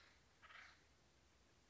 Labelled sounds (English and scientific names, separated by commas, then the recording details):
Acorn Woodpecker (Melanerpes formicivorus)
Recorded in Sonoma County, California